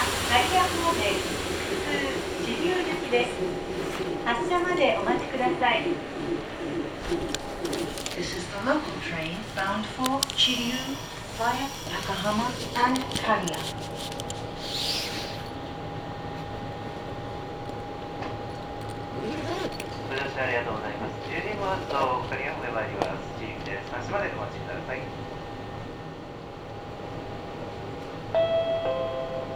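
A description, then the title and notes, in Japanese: A ride on the Meitetsu Mikawa Line train, with a voice speaking through much of the clip over a low, steady rumble. From about thirteen seconds a thin, constant tone hums beneath, and a brief hissing burst comes near fifteen seconds. 名古屋鉄道 三河線（海線）碧南→知立。通学ラッシュになってました。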